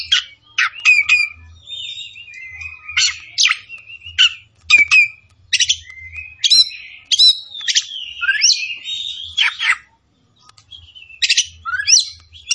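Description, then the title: Oriental magpie-robin song of sharp whistled notes and down-slurred sweeps in short bursts separated by brief gaps, one longer pause near the end; faint low hum. Tretes; singing vigorously, described as gacor. "Kacer Tretes Gacor"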